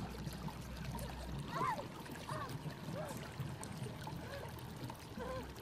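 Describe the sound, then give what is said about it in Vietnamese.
Blood-red water in a tank bubbles and churns at a steady boil, a constant wash of noise broken by scattered gurgling pops and blips rising and falling throughout. “Nhưng khi ông Vương đọc cổ chú nhanh dần, thì nước cũng như vậy sôi sùng sục lên.”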